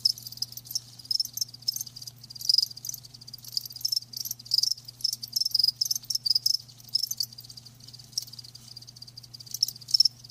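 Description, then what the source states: Cricket chorus of high, rapid pulsed chirps rising and falling in loudness, continuous throughout, over a faint low hum. Live crickets chirping.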